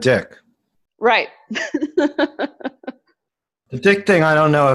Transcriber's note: laugh